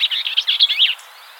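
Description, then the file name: Bell's vireo giving a brief hurried burst of chattery, warbling notes lasting about a second, then quiet. "Vireo bellii - Bell's Vireo"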